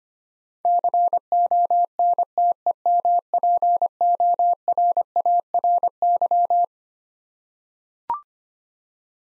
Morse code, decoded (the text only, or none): CONTEMPORARY